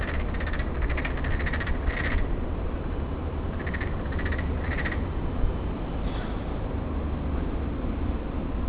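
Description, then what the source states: Frog calls in short pulsed bursts, a few quick rattling notes at a time, then a pause, over a steady low rumble of background noise. Hachimannuma, 2015.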